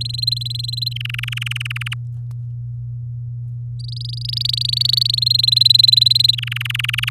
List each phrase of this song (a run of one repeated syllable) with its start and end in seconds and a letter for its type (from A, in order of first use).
0.01-0.93 A, 0.96-1.94 B, 3.79-5.20 C, 5.22-6.35 A, 6.37-7.09 B